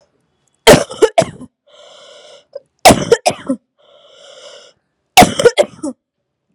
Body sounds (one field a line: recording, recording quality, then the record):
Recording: heavy voluntary cough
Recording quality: excellent, no background noise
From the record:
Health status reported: COVID-19 positive, mild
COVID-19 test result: positive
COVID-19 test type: RT-PCR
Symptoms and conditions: cough, cold, fever, muscle pain, diarrhoea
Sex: female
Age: 28 years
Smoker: no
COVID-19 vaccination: both doses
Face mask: not worn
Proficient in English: yes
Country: India